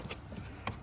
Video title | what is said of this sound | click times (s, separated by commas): The Correct How to change BMW X3 X4 Cabin Filters F25 2011-2017 | click you'll notice this is no tools no screwdrivers no nothing that's clicked in place | 0.7 s